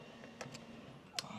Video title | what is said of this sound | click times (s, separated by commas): Did We Get SCAMMED on the New Square Body? | I just heard it snap. Yep, | 1.2 s